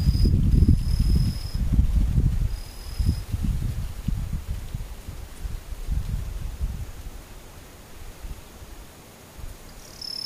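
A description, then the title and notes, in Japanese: Daytime insects give a thin, steady high whine in two stretches over the first three seconds, returning briefly at the very end. Underneath, low rumbling gusts pulse heavily at first, then thin out and grow quieter through the rest. ムシ昼。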